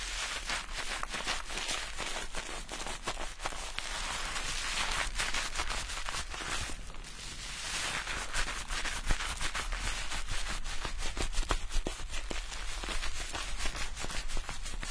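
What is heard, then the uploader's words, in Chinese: Immersive hair washing and scalp massage: dense, continuous crackly scratching and rubbing with rapid sharp clicks, fairly steady throughout, bright and hissy. 沉浸式洗头体验 & 头皮按摩。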